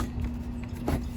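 A plastic mounting bracket is pressed into a car stereo dash install kit for a Sony unit in an 8th-generation 2006–2011 Honda Civic CarPlay install, its slats pushed onto matching bumps on the kit. Over a steady low hum, a few faint taps come before a sharp click at 0.9 s as the bracket seats, followed by several small hits. The bracket is clicked in and seated.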